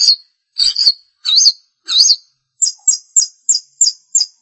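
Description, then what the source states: Long-tailed shrike song: a few slurred, rising and falling whistled notes, then six short, sharp high chirps repeated about every third of a second. Recorded March 2017; bird called pentet locally.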